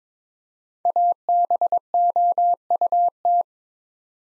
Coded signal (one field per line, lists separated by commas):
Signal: Morse code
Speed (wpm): 22 wpm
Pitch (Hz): 700 Hz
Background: none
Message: ABOUT